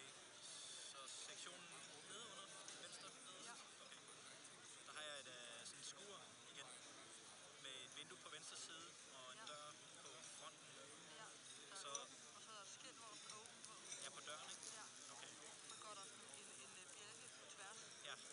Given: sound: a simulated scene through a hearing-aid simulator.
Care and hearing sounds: conversation; cafeteria; 0 dB SNR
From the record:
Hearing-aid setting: I (fast-acting compression, audibility-based gain); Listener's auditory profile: C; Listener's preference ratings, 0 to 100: 81, 50, 64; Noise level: 65 dB SPL

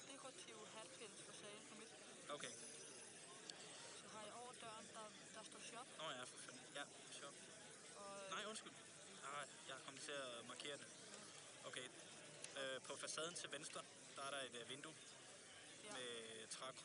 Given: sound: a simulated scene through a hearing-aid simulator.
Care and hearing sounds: conversation; cafeteria; +4 dB SNR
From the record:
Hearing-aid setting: II (fast-acting compression, audibility-based gain, advanced features for about 2.5 dB of SNR improvement); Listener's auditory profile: C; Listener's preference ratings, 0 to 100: 27, 34, 37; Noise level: 65 dB SPL

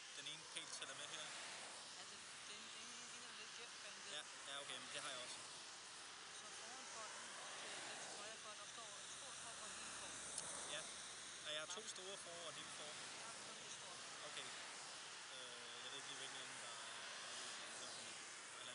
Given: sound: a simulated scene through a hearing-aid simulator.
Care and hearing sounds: conversation; traffic; -4 dB SNR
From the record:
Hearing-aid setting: I (fast-acting compression, audibility-based gain); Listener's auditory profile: B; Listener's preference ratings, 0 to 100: 28, 39, 43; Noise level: 75 dB SPL

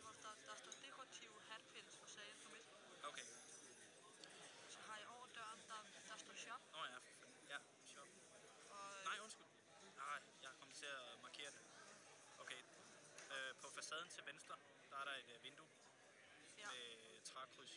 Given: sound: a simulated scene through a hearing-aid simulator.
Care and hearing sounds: conversation; cafeteria; +4 dB SNR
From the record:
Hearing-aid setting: IV (slow-acting compression, loudness normalization); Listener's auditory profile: A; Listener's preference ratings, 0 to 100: 61, 65, 39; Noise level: 65 dB SPL

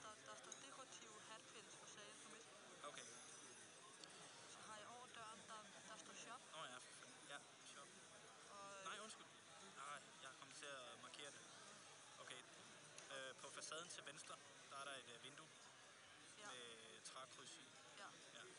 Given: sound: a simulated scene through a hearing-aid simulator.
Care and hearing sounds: conversation; cafeteria; +4 dB SNR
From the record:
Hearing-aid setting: I (fast-acting compression, audibility-based gain); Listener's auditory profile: A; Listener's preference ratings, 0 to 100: 27, 43, 27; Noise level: 65 dB SPL

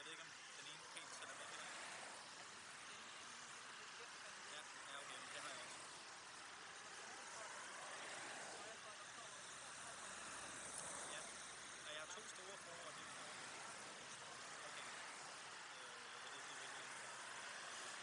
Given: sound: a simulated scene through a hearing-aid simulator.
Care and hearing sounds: conversation; traffic; -6 dB SNR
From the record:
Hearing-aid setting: anchor resembling a broken hearing aid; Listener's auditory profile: D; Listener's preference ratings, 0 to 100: 2, 2, 0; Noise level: 75 dB SPL

